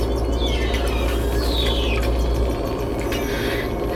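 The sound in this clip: Whale whistles: several thin sweeping tones, some sliding downward, over steady noise.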